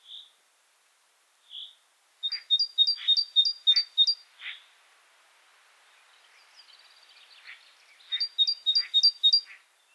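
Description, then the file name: Great tit gives two single notes, then a fast series of two-note phrases, a thin trill, and a second burst. "Parus major"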